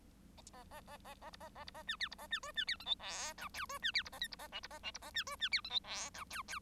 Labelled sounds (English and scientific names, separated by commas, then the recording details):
Bengalese Finch (Lonchura striata domestica) song
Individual Bird1